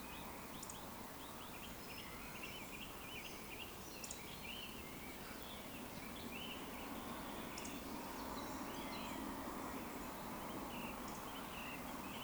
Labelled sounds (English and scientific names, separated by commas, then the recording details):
Eurasian Woodcock (Scolopax rusticola)
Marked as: woodcock, woodcock, woodcock, woodcock
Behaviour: display flight
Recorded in Baden-Württemberg, Germany, on 16 June 2020 at 19:58 UTC
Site 14569, 102 m above sea level